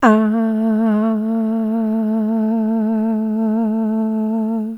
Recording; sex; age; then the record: sustained vowel /a/; female; 60 to 69 years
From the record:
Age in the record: 67 years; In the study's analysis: excluded